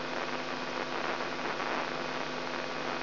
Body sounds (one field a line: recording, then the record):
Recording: brain microelectrode recording played as sound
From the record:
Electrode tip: inside the subthalamic nucleus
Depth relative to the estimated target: -4.2 mm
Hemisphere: left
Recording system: AlphaMap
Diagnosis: Parkinson's disease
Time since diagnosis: 16 years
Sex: male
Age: 67 years